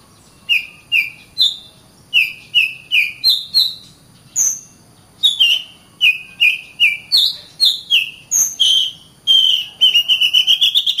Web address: Suara kacer ngplong keras. masteran burung kacer